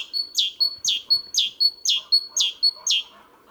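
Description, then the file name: Great tit song in one steady run of bright, see-sawing two-part notes, sharp and high. "Parus major"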